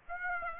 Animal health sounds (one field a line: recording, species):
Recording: mosquito wingbeat signal from an infrared sensor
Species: Aedes aegypti